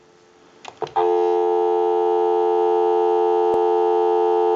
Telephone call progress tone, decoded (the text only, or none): dial tone